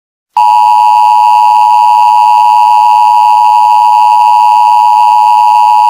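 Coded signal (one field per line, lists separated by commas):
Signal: Emergency Alert System (SAME) tones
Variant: 853 and 960 Hz attention tone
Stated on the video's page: Fictional EAS scenario, simulated alert with borrowed sound effects and music.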